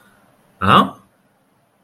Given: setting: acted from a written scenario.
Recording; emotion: vocal sound without words; confusion